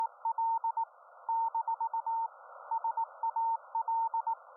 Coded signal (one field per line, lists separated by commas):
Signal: Morse code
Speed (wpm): 18 wpm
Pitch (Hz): 910 Hz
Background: radio noise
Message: EL - SAL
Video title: Monitor the Situation : CW & Ham Radio 5.3.2026